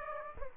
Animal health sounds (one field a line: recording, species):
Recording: mosquito wingbeat signal from an infrared sensor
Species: Aedes aegypti